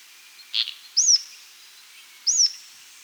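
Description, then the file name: Rough-legged Tyrannulet calls: high, thin whistled notes that rise sharply then slide down, given twice about 1.3 seconds apart, preceded by a brief softer chip. Andean bird recorded in South America. "Rough-Legged Tyrannulet (Phyllomyias Burmeisteri)"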